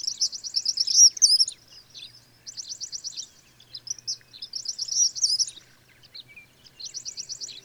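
Bird song of rapid high trills and squeaky twisting notes, delivered in repeated bursts separated by brief quiet gaps.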